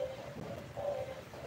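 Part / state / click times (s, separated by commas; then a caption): wire terminal into connector housing / not seated / none. Orange and white wires with their terminals are handled and pushed toward a new plastic fuel injector connector housing on a 2001–2007 ninth-generation Toyota Corolla. Only a steady low hum with a faint tone around 500–600 Hz is heard, with no sharp transients. Nothing has seated or clicked yet.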